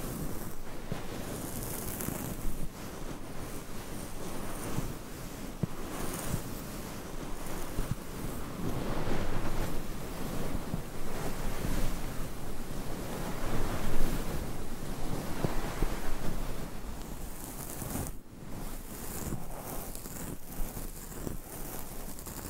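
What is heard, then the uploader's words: Long nails scratch and rub directly on a microphone, making a dense rushing texture like wind or surf. The scratching runs continuously with rapid, irregular strokes, swelling slightly louder around the middle, with brief dips near 18 seconds. No talking is heard. ASMR Mic Scratching - Brain Scratching Hypnotic Asmr No Talking for Sleep with Long Nails.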